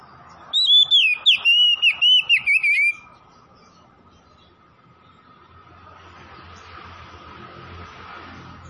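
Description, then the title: Oriental magpie-robin song: a rapid burst of loud, clear whistled notes sliding up and down, then a faint steady hum with low background rumble. Singing vigorously (gacor); Tretes. "Kacer Tretes"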